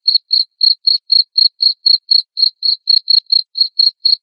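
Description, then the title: Cricket giving a steady series of sharp, high chirps, roughly four per second, evenly spaced against a silent background. Loud cricket chirping used to stimulate lovebirds into continuous singing. "Suara JANGKRIK NGERIK Keras Bikin LOVEBIRD Jadi NGEKEK Terus Vubey"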